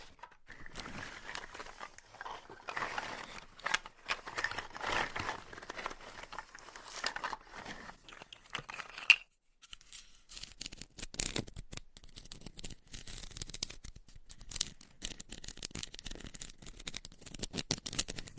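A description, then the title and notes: Gentle tapping and scratching. The first half is a dense, steady run of soft scratchy strokes, broken by a single sharp click and a moment of silence just past nine seconds. After that come sparser, crisp taps at an irregular, fairly quick pace until the end. ASMR Tingly Gentle Tapping & Scratching to Help You Fall Asleep No Talking.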